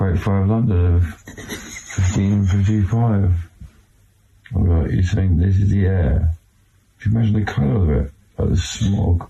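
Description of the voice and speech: Adult man talking in his sleep (somniloquy), speaking in a low-pitched voice in short phrases separated by pauses, with no control over what he says. His wife laughs in the background.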